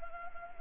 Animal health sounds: mosquito wingbeat signal from an infrared sensor; Anopheles gambiae

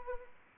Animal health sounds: mosquito wingbeat signal from an infrared sensor; Anopheles arabiensis

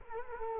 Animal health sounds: mosquito wingbeat signal from an infrared sensor; Culex quinquefasciatus

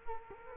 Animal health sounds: mosquito wingbeat signal from an infrared sensor; Culex quinquefasciatus

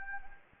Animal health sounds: mosquito wingbeat signal from an infrared sensor; Anopheles gambiae

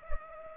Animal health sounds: mosquito wingbeat signal from an infrared sensor; Culex pipiens

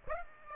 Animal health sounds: mosquito wingbeat signal from an infrared sensor; Aedes aegypti

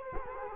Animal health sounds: mosquito wingbeat signal from an infrared sensor; Culex quinquefasciatus

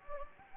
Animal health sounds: mosquito wingbeat signal from an infrared sensor; Anopheles gambiae

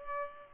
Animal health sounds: mosquito wingbeat signal from an infrared sensor; Culex pipiens

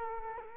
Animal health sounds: mosquito wingbeat signal from an infrared sensor; Culex quinquefasciatus

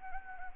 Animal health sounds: mosquito wingbeat signal from an infrared sensor; Anopheles arabiensis

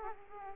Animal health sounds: mosquito wingbeat signal from an infrared sensor; Aedes aegypti

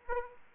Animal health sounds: mosquito wingbeat signal from an infrared sensor; Aedes aegypti

